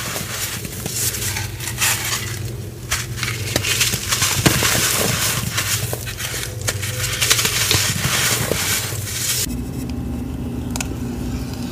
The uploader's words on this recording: Baby Oil Gym Chalk Crushing Compilation.